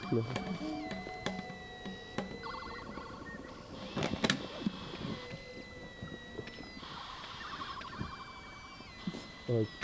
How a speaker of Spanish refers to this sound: ¿Cuál es la alarma de hoy día? ¿La que nos despertó todos? ¿Cuál es? ¿Cómo es? ¿La tonada? Es la tonadita de claro. ¿Cómo es? Ya lo prende, ¿no?